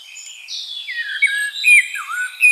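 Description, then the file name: Common blackbird giving flowing whistled phrases that slide up and down, mellow and continuous, with thin high notes laid over them. "Turdus merula"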